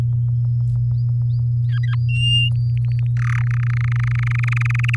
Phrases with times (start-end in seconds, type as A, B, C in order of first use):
0.00-0.01 A, 1.69-1.95 B, 2.08-2.50 C, 2.55-3.07 D, 3.17-3.42 E, 3.44-4.96 F